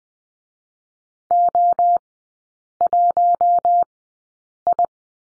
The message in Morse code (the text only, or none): O1I